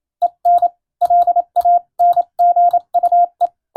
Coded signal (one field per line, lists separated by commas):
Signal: Morse code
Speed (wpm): 27 wpm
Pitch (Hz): 700 Hz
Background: radio noise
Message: EN LANGUE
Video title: 懐かしいなぁ、モールス信号！モールスを教える専門学校がありました！国家試験に準じた欧文無線電報です。今でも国家試験があります。アマチュア無線の受信練習にどうぞ morse code practice